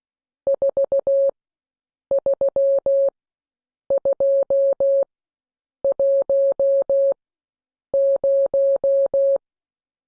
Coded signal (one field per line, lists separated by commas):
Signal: Morse code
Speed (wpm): 16 wpm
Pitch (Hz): 550 Hz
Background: none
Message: 43210